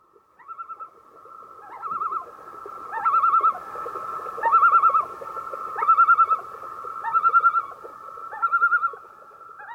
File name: the common loon